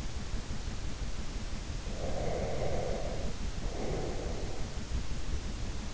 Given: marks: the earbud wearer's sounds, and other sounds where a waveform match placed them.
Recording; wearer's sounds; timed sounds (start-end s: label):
sounds in sleep by an in-ear microphone; breath
1.88-4.68 s: breath
4.87-5.57 s: sound from someone else or the room